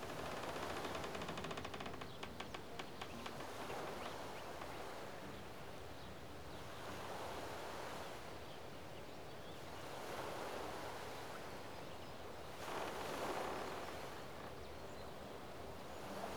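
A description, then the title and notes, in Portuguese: Water laps at the shore of a Canadian lake in a steady wash of sound that swells and eases every few seconds, with broader surges around 8, 10 and 13 seconds. A rapid clicking flutter runs through the first two seconds. Na beira de um lago canadense.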